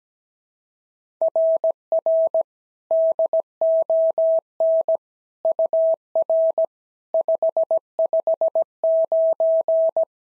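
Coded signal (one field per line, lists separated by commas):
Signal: Morse code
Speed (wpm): 16 wpm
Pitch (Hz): 650 Hz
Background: none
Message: RR DON UR 559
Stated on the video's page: Simulated SOTA Morse exchanges at 17 wpm, each sent in Morse, spoken, then sent again in Morse.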